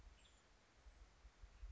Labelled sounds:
Western Tanager
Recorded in Sonoma County, California

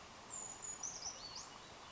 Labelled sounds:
Brown Creeper
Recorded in Sonoma County, California

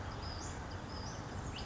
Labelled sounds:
Western Flycatcher
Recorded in Sonoma County, California

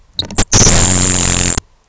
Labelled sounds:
Grasshopper Sparrow
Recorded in Sonoma County, California

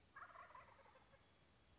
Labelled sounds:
Wild Turkey
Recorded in Sonoma County, California

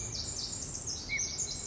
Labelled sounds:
Pacific Wren
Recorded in Sonoma County, California

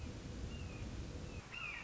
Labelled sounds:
Red-shouldered Hawk
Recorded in Sonoma County, California

